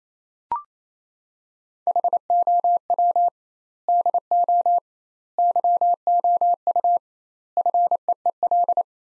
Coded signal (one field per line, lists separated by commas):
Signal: Morse code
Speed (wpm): 28 wpm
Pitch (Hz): 700 Hz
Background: none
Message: HOW DO YOU FEEL